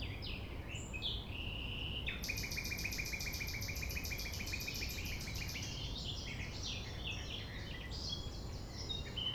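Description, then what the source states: Common nightingale delivering a fast, even trill of repeated notes lasting a few seconds, then scattered chirps, over a low rumble. Sunrise at 6 a.m. near the Thève, at Champ de Ménage; the nightingale sings without waiting for silence.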